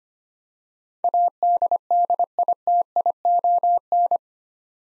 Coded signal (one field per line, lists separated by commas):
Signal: Morse code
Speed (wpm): 25 wpm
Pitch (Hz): 700 Hz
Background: none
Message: ADDITION